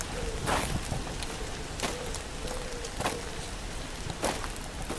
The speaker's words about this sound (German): Leider regnet es momentan noch ziemlich heftig, aber laut Vorhersage soll das später besser werden.